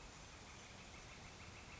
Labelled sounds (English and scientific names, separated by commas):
Northern Flicker (Colaptes auratus)